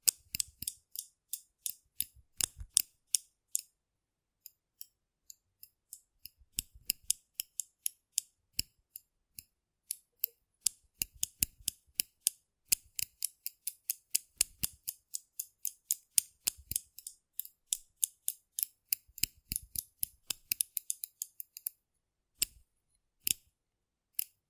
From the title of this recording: Rough Brain Cleaning and Picking